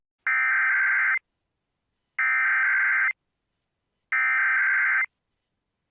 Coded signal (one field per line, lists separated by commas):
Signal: Emergency Alert System (SAME) tones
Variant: header bursts